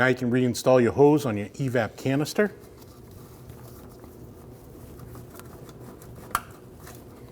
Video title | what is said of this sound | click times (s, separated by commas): How to Replace Fuel Pump Module Assembly 2012-2021 Nissan NV2500 5.6L V8 | Listen for the click. | 6.4 s